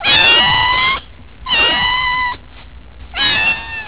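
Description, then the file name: Cat meowing: three drawn-out, harmonic meows about a second each, separated by short pauses. "gatti cats"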